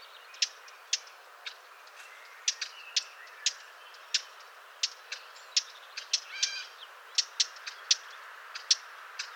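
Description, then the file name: Eurasian blackcap calls, hard clicking tacks given irregularly, about two per second, with one brief harmonic note midway and faint background hiss. "Sylvia atricapilla"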